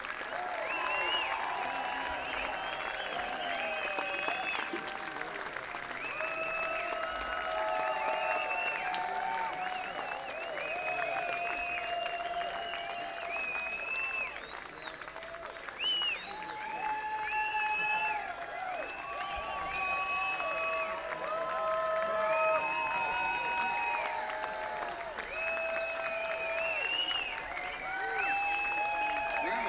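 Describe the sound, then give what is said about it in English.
A large Rocky Grass festival crowd applauds steadily for half a minute, a dense, even roar of clapping laced with cheers and shrill whistles that rise and fall without letting up. “Got some stamina, don't you? That's really great. This is the Rocky Grass crowd we know and love.”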